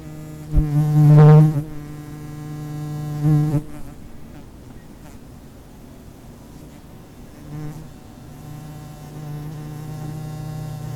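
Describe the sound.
Hoverfly wing buzz: a loud, low humming drone that swells for about a second, returns briefly near three and a half seconds, then fades to a steady faint hum.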